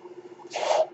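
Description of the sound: A brief whooshing hiss of air over a faint steady hum: a home mechanical ventilator delivering a breath.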